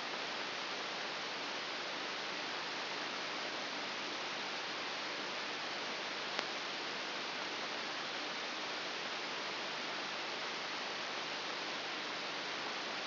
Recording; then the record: brain microelectrode recording played as sound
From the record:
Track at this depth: outside the subthalamic nucleus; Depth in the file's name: 7.001 mm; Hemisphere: right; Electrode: 3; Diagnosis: Parkinson's disease